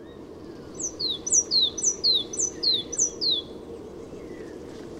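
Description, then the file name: Great tit delivering a run of about six rhythmic two-note phrases, each a high note dropping to a lower descending whistle, over faint background noise. "Parus major"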